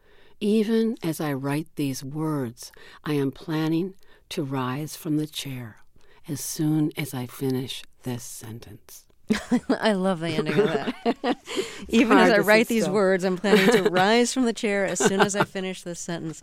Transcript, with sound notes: Even as I write these words, I am planning to rise from the chair as soon as I finish this sentence.
(SOUNDBITE OF LAUGHTER)
I love the ending of that. Even as I write these words I'm planning to rise from the chair as soon as I finish this sentence.